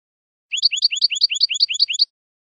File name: audio burung goldfinch